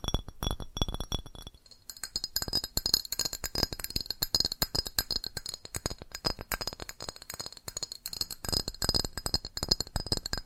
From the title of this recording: ASMR Fast Tapping on GlassCeramic Objects